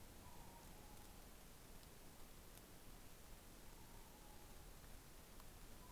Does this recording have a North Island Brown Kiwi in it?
no